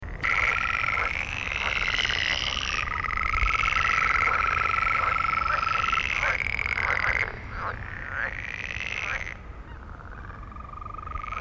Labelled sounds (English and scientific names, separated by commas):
Green Toad (Bufo viridis) call